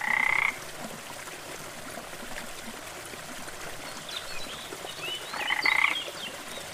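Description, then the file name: Frog giving two harsh, buzzy croaks with a rising tonal edge, about five seconds apart, over a soft trickling background. "rana"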